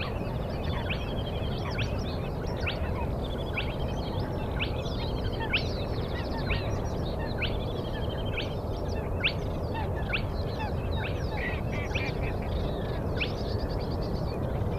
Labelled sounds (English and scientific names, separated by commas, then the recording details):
Spotted Crake (Porzana porzana)
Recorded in the wild
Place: Schwedt/Oder, Nationalpark Unteres Odertal, Brandenburg, DE
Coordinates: 53.1037, 14.3534
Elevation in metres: 1
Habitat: wetland
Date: 2015-04-23 04:35
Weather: clear, 4°C, almost windless
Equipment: Sound Devices 702, Sennheiser MKH 70, Rycote Windschutz
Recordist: Frommolt, Karl-Heinz